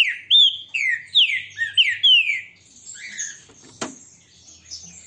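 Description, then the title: Green-winged saltator song: five or six loud, downslurred whistles in quick succession, then fainter notes and a sharp click. Strong, loud song. "Canto De Trinca Ferro. ESSE CANTA FORTE, Trinca ferro PEITO DE AÇO"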